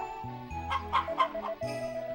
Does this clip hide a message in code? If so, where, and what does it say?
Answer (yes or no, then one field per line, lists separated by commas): no